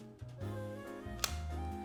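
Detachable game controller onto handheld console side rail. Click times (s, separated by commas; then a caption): 1.2 s. A detachable controller is lined up red mark to red mark and slid onto the side rail of a Nintendo Switch 2 handheld console, where a magnetic clasp catches it over soft background music. One sharp click lands at 1.2 s as it snaps into place, seated with the same satisfying click as the first Switch.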